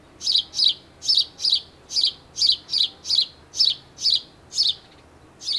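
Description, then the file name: House sparrow giving a steady series of sharp, bright chirps, roughly two per second, evenly repeated throughout against a quiet low rumble. "Passer domesticus"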